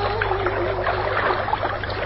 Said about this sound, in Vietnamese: Bẩm phu nhân, tiểu thần chỉ nghe tiếng sông vỗ mãn thuyền và nhịp điệu của trảo phu đang khua chèo khuấy nước.